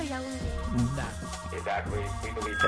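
A grandfather's telephone rings with a melodic electronic ringtone, sustained tones shifting in pitch over a steady, fairly busy background, with some voice-like sound mixed in.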